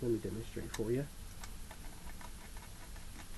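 Someone talks while a trumpet piston valve is handled at its metal valve casing, followed by faint light ticks and handling sounds. Nothing has seated or clicked yet by the end of the clip.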